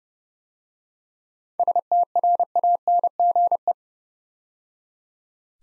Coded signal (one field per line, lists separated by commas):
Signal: Morse code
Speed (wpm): 30 wpm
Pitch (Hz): 700 Hz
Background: none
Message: STRANGE